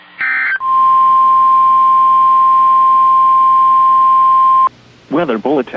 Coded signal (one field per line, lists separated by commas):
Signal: Emergency Alert System (SAME) tones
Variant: 1050 Hz attention tone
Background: speech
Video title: Did Someone Call for Corona, Alabama? | EAS Alerts from 6/13/2021 (EAS #398-412)